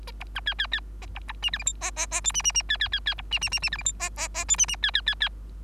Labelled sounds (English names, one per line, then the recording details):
Bengalese Finch song
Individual Bird3